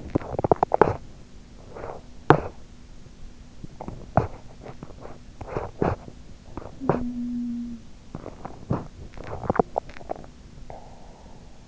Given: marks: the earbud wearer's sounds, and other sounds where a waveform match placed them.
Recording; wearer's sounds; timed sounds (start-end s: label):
sounds in sleep by an in-ear microphone; teeth grinding, swallowing
0.00-1.21 s: teeth grinding
1.60-2.63 s: teeth grinding
3.60-4.39 s: teeth grinding
4.58-6.13 s: teeth grinding
6.44-7.11 s: teeth grinding
6.76-7.87 s: sound from someone else or the room
8.04-9.04 s: teeth grinding
9.17-11.68 s: swallowing